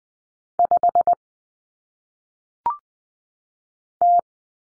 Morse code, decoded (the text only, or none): 5 T